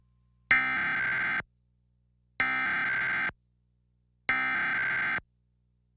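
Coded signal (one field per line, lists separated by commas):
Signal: Emergency Alert System (SAME) tones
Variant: header bursts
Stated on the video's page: Required monthly EAS tests aired by two Green Bay television stations, originating from the State Emergency Operations Center and relayed through Wisconsin Public Radio.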